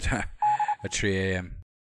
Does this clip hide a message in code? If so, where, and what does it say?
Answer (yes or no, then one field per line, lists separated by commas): no